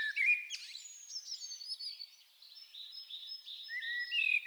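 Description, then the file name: Common blackbird singing a fluty phrase that breaks into thin, high twittering, followed by softer continuing chatter and a new low whistled note near the end. "Turdus merula"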